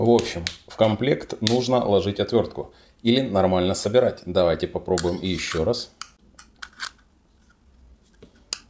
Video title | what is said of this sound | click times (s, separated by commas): Ремонт Gerber GDC Money Clip - брак из коробки .... | всё отлично нож зафиксировал хорошо Сидит | 8.5 s